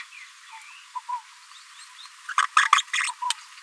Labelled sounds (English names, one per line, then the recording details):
Green-rumped Parrotlet babbling
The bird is a female
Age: 27 days
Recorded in a nest box in Venezuela
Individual 17B73B2